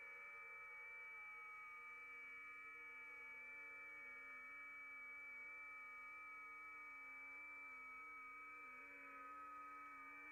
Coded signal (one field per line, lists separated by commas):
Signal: FT8